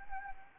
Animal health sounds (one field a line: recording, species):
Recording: mosquito wingbeat signal from an infrared sensor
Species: Anopheles gambiae